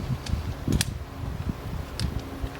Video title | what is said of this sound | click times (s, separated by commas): Smittybilt 2780 air compressor Review and inflation test | all right it's gonna have a nice audible click as well okay | 0.8 s